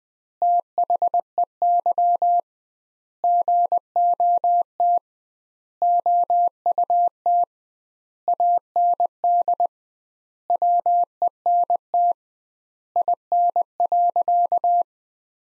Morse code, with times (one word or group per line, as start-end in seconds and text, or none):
0.4-2.4 THEY
3.2-5.0 GOT
5.8-7.4 OUT
8.3-9.7 AND
10.5-12.1 WENT
13.0-14.8 IN.